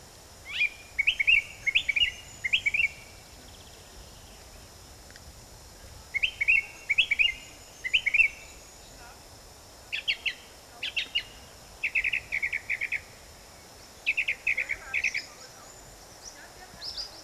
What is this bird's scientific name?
Turdus philomelos